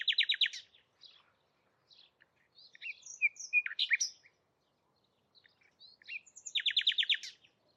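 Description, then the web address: Bird song opening with a fast trill, followed by soft varied twittering, then another fast trill of repeated notes. "cianscape birddata Deverinetal 2025 Bird Only"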